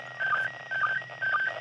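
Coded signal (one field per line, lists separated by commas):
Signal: SSTV (slow-scan television)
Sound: warbling tones stepping between pitches, with a low blip about every half second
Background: radio static, low hum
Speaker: So this says we're at 10° elevation. We got about another minute left on this image transmission.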